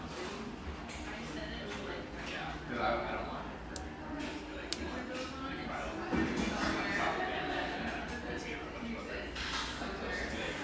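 A busy café hums with overlapping chatter, a steady dense murmur of voices with no single speaker standing out. Short sharp clinks ring out near four and five seconds, and the crowd noise swells slightly after six seconds, staying full through the end.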